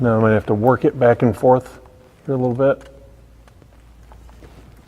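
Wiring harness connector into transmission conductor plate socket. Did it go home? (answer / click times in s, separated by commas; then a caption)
yes / 4.1 s. On a Dodge Charger's ZF transmission, a wiring harness connector is worked back and forth into the conductor plate socket while someone talks. After the talking stops, small faint ticks follow, and a sharp click at 4.1 s marks the connector locking into place.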